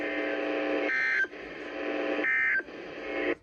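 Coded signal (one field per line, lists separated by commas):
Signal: Emergency Alert System (SAME) tones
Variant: end-of-message bursts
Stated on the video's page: Sacramento TV EAS tests and severe thunderstorm warnings, captured as audio only.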